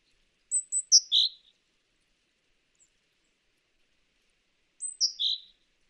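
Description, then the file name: Great tit calls: short high thin notes, then a descending phrase dropping to a fuller, buzzier note, given twice about four seconds apart, otherwise quiet. "Parus major"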